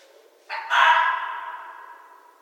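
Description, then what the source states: Red fox uttering a short rasp that breaks into a loud, harsh scream, then trails off slowly. Recorded in 2012.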